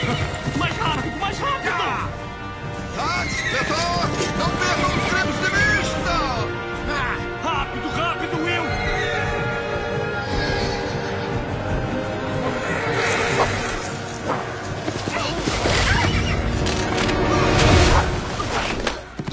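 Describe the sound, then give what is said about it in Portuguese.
A horse whinnies with rising and falling shrill cries amid clopping hooves and a loud, busy mix of crashing noise, while voices talk over the commotion. “Temos que pegar o cavalo.”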